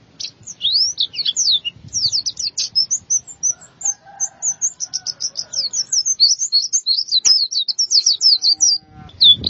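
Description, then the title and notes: White-eye singing crisp, high, separate chirps strung into a fast varied phrase, with faint lower whistles in the background. "Kicauan Burung Pleci Durasi Panjang. Suara kicauan burung pleci"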